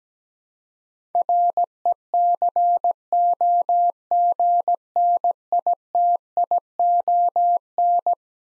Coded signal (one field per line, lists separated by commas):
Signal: Morse code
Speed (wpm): 17 wpm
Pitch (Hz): 700 Hz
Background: none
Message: RECOGNITION